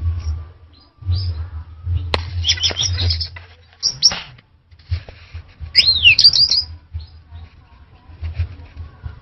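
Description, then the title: Orange-headed thrush song: scattered high whistled phrases including a clear slurred whistle, over low rumbling noise. "Anis Merah1"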